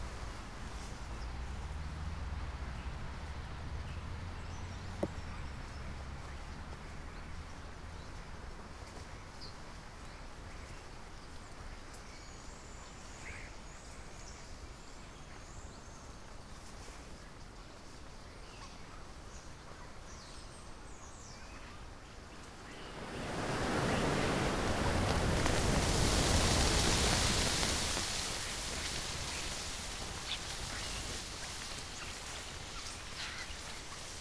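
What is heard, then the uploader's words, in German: Starlings at dusk, faint scattered calls and a sharp knock near five seconds, then a loud rushing wing-roar of a landing flock. Stare Am Abend. Stare die landen. Einmal zu hunderten, einmal einzeln (einer berührt dabei sogar mein Mikrophon) und sich laut zu unterhalten beginnen.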